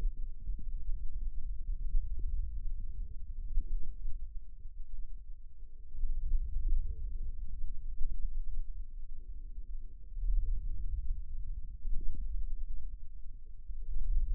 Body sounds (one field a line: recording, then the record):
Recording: forearm muscle sounds (acoustic myography)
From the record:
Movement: hand opening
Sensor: system 2, bracelet of six BSWA MPA416 microphones around the upper forearm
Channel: 1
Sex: male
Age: 22 years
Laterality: right